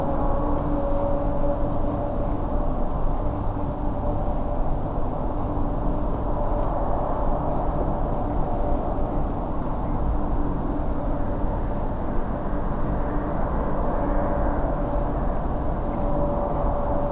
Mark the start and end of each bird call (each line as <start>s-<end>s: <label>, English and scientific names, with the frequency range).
8.67s-8.81s: Redwing (Turdus iliacus) (5.9-6.9 kHz)